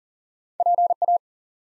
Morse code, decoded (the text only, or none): PA